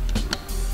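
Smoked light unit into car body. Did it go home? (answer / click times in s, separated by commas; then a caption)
no / none. A smoked light unit is handled at its mounting on a widebody Corvette Stingray body, with loud music playing throughout and a brief sharp sound at 0.3 s. Nothing has seated or clicked yet; the light is not home by the end.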